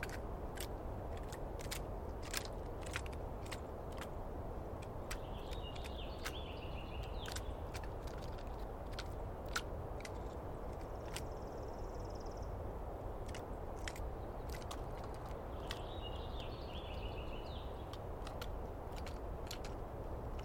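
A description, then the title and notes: A dawn recording in the East Cascades, dominated by a steady low rushing roar that never lets up. Frequent sharp ticks and clicks sprinkle the whole 20 seconds, and a few short bird warbles rise above it, around 5–7, 11–12 and 15–18 seconds. I set up my microphones and recorder for a nice dawn recording in the East Cascades.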